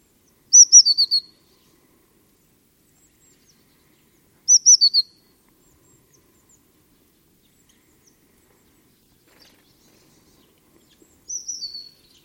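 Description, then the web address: Eurasian blue tit calls: short bursts of thin high notes sliding downward, given in three separate groups roughly four to seven seconds apart, with quiet gaps between. "cianscape birddata Deverinetal 2025 File origin Bird Only Cy Ca"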